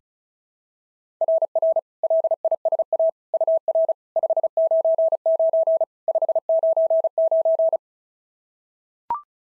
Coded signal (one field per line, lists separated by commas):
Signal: Morse code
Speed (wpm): 37 wpm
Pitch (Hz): 650 Hz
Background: none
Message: RR LISA UR 599 599